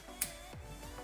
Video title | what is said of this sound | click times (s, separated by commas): 2022-2025 TOYOTA TACOMA 2.4L (T24A-FTS) Replace Variable Valve Timing (VVT) Solenoids | And then slide the connector in place. Listen for the click. | 0.2 s